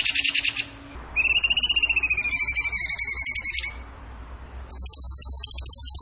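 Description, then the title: Bird singing a buzzy trill, then a long pulsed whistle with rich overtones, then a fast even high trill. Masteran (training recording) of bird song in the tembakan gacor style. "Masteran Burung Tembakan Gacor"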